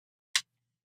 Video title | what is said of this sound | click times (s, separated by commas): Fanhome 1:8 scale Eleanor build. Issue 80 | this bracket onto this uh that just snaps in place on there | 0.4 s